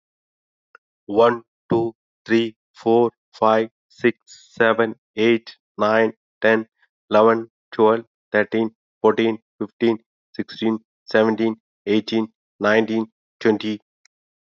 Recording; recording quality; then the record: counting at a normal pace; excellent, no background noise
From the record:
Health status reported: exposed to COVID-19, no respiratory illness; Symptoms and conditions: none ticked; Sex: male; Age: 50 years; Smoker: not ticked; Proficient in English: yes